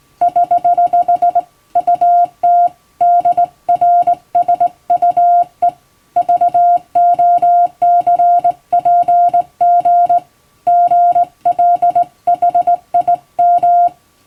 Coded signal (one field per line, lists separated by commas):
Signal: Morse code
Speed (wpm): 19 wpm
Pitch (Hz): 700 Hz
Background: music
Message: <HH> UT DRSUE VOCPG GLHIM